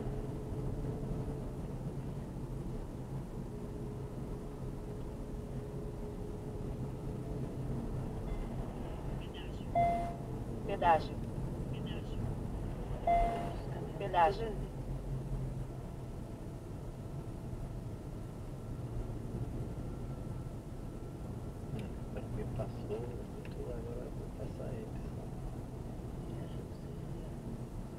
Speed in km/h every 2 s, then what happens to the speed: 39, 37, 37, 38, 39, 39, 35, 32, 31, 33, 33, 33, 33, 33.
0-9 steady at about 38. 9-14 slows to 32. 14-28 steady at about 33.